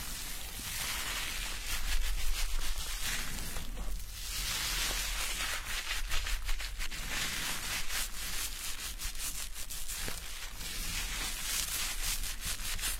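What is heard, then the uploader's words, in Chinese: Hair washing and scalp massage make a dense, continuous rubbing and scrubbing sound, bright and hissy with fingers working through wet hair. The strokes come in quick, uneven bursts, swelling louder around two seconds and again near six, with a low steady hum underneath. 沉浸式洗头体验 & 头皮按摩。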